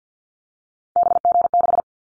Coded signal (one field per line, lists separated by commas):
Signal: Morse code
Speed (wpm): 49 wpm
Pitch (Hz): 700 Hz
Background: none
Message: BG6